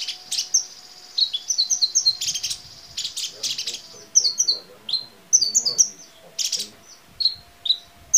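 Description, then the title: Small bird twittering in quick high chirps in short bursts, with a faint steady low tone and some faint low sounds. "Burung Kecil"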